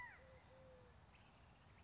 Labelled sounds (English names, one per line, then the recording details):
Eurasian Collared Dove
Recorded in Sonoma County, California